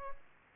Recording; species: mosquito wingbeat signal from an infrared sensor; Aedes aegypti